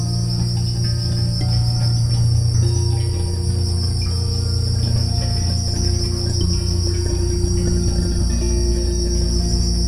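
Cricket chirping as a steady, fast pulsing trill high in pitch, running throughout over soft sustained musical tones and low drones.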